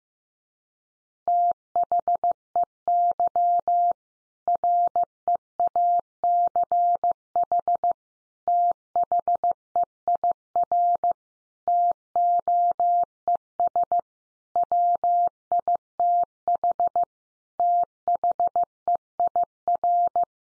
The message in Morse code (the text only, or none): THEY REACH THEIR TOES WITH THEIR